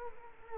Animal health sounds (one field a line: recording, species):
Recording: mosquito wingbeat signal from an infrared sensor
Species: Culex quinquefasciatus